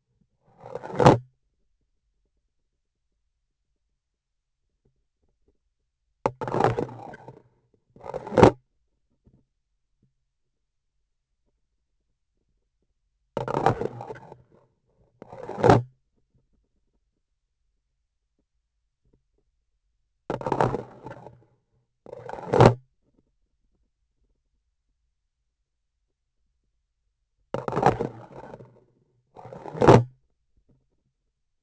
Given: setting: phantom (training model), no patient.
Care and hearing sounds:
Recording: laparoscopic instrument, vibration sensor on the handle end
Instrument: grasping forceps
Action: insertion and removal through the trocar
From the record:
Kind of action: spatial motion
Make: other than Olympus

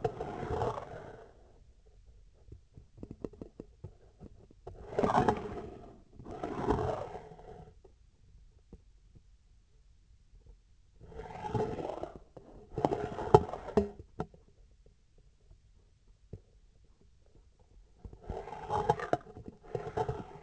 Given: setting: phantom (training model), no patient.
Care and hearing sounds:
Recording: laparoscopic instrument, vibration sensor on the handle end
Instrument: scissors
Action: approaching and retracting movements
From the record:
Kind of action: spatial motion

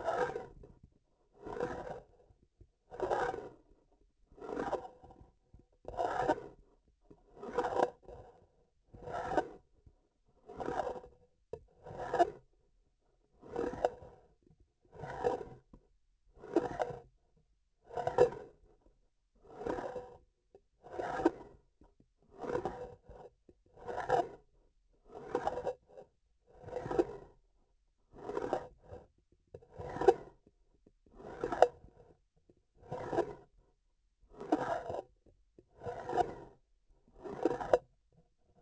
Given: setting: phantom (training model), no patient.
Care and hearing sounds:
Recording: laparoscopic instrument, vibration sensor on the handle end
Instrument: grasping forceps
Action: approaching and retracting movements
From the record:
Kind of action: spatial motion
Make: Olympus

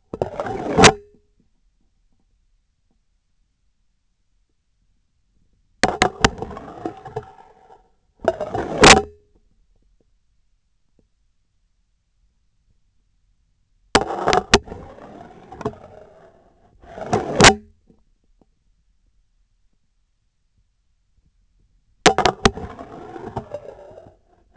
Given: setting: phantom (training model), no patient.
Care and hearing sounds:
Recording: laparoscopic instrument, vibration sensor on the handle end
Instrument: scissors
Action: insertion and removal through the trocar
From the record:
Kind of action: spatial motion

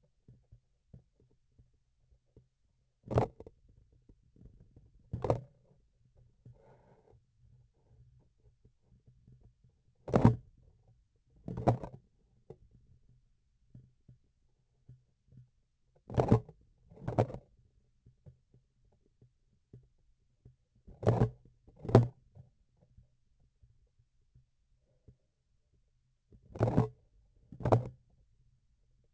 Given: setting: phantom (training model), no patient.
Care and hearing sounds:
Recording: laparoscopic instrument, vibration sensor on the handle end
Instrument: grasping forceps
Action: opening and closing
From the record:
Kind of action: tool actuation without material contact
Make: other than Olympus

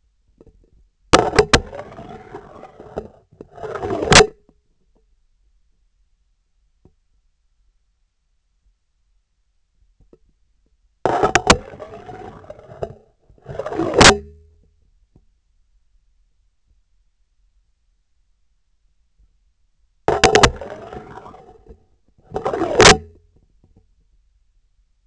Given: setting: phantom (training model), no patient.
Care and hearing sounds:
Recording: laparoscopic instrument, vibration sensor on the handle end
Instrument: scissors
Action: insertion and removal through the trocar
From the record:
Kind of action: spatial motion

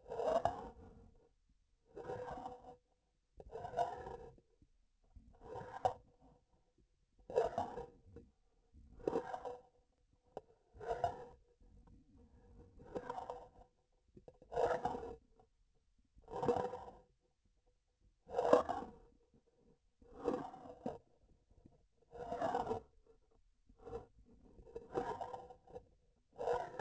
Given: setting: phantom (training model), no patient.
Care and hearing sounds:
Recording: laparoscopic instrument, vibration sensor on the handle end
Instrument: grasping forceps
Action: approaching and retracting movements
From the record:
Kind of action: spatial motion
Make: Olympus

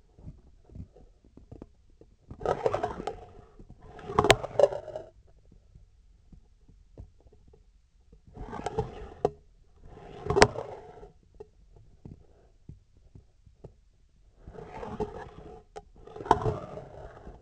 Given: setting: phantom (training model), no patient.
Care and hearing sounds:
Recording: laparoscopic instrument, vibration sensor on the handle end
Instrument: scissors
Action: approaching and retracting movements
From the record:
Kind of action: spatial motion

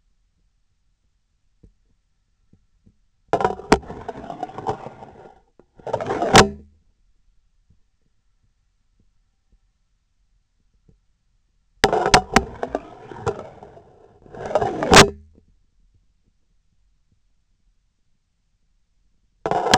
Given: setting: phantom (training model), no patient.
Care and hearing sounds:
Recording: laparoscopic instrument, vibration sensor on the handle end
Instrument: scissors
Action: insertion and removal through the trocar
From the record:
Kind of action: spatial motion

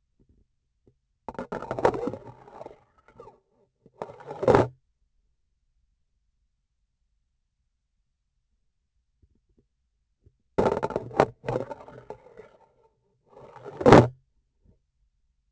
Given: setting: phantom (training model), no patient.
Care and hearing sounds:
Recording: laparoscopic instrument, vibration sensor on the handle end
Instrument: grasping forceps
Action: insertion and removal through the trocar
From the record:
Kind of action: spatial motion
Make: other than Olympus

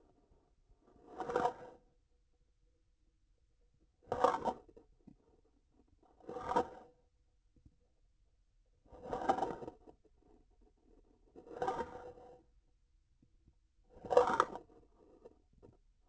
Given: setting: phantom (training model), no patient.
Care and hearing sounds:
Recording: laparoscopic instrument, vibration sensor on the handle end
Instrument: grasping forceps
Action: approaching and retracting movements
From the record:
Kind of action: spatial motion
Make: Olympus

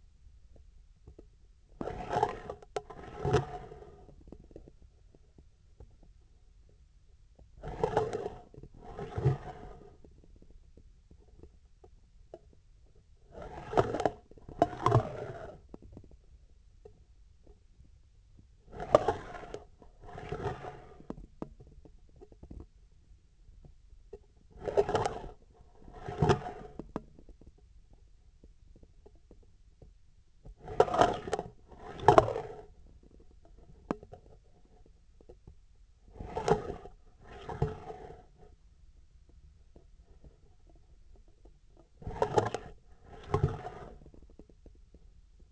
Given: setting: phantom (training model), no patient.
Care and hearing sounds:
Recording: laparoscopic instrument, vibration sensor on the handle end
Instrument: scissors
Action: approaching and retracting movements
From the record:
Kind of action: spatial motion

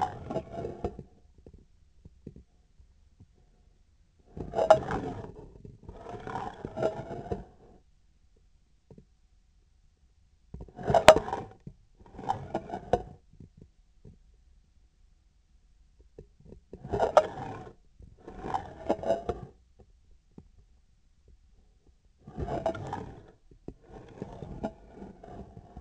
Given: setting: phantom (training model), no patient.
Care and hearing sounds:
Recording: laparoscopic instrument, vibration sensor on the handle end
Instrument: scissors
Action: approaching and retracting movements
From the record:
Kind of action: spatial motion

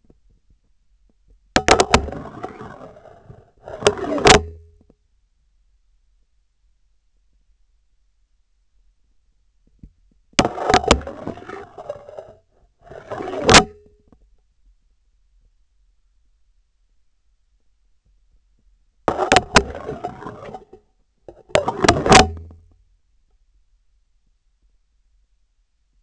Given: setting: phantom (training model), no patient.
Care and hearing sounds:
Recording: laparoscopic instrument, vibration sensor on the handle end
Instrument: scissors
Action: insertion and removal through the trocar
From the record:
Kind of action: spatial motion

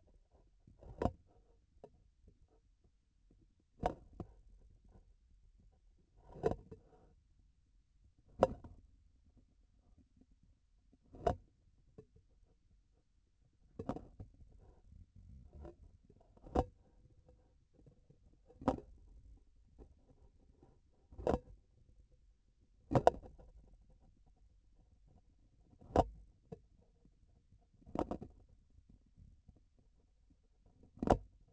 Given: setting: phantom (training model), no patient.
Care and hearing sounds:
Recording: laparoscopic instrument, vibration sensor on the handle end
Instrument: grasping forceps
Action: opening and closing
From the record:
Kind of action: tool actuation without material contact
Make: Olympus

